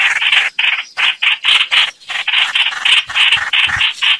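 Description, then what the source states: Red-whiskered bulbul distress call: harsh, grating rasping bursts repeated rapidly, about three or four per second, with brief gaps between them. Distress call, described as crying for help.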